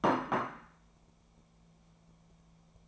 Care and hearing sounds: daily activity, microphone in the room; place plate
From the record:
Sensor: 1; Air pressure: 1000.3 hPa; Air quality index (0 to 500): 143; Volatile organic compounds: 3 ppm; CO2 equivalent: 1349 ppm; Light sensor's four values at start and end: 30/75/32/38 and 30/75/32/38

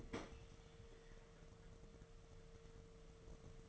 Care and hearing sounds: daily activity, microphone in the room; open fridge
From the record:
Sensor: 4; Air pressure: 1015.9 hPa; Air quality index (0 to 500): 193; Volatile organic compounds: 10 ppm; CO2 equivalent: 2222 ppm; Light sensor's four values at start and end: 12/27/11/11 and 8/18/7/8

